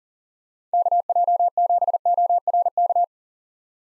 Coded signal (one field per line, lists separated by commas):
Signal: Morse code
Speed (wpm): 40 wpm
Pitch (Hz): 700 Hz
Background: none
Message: KJ7ORK